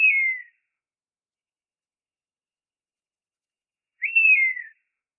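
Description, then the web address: Crested honey buzzard giving a high whistled call that drops in pitch, heard twice about four seconds apart, with silence between. "hachikuma"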